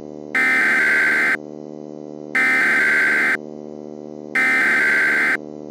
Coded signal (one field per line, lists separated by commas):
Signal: Emergency Alert System (SAME) tones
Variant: header bursts